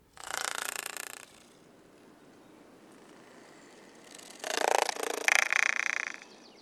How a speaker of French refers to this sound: On peut s'aviser, grâce au travail de Boris Jolivet, que l'araignée loup tambourine des feuilles sèches avec son abdomen.